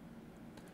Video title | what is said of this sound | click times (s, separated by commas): Roborock S7 MaxV 2 Month Review! | that makes it compatible with the empty docks the dust bin simply clicks back into place | 0.6 s